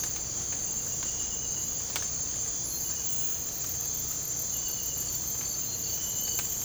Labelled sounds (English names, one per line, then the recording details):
none
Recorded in dense forest near Puerto Asís, Putumayo, Colombia, on 22 December 2024 at 03:30
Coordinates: 0.481, -76.323
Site G100